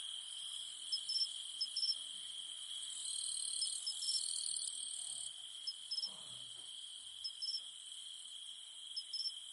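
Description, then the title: Cicadas droning steadily at high pitch, with clipped chirps in pairs and a brief louder swell of hissing sound midway. In the mountains at night. "In the mountains at night, only the humming of cicadas remains"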